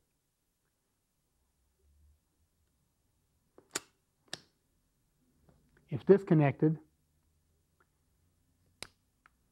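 On a SIG pistol, the slide is worked by hand, pushing the hammer back until it catches in the safety notch of the sear. A few faint clicks come first, then someone talks briefly, and a sharp metal click at 8.8 s marks the hammer catching and being held in the safety notch.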